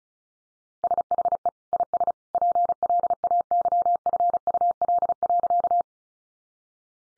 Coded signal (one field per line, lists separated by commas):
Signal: Morse code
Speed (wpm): 34 wpm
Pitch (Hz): 700 Hz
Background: none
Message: SHE IS PLAYFUL.